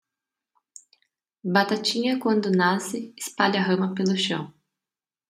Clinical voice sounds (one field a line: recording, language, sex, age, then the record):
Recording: short text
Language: Brazilian Portuguese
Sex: female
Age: 20 to 29 years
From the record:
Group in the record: control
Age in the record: 28 years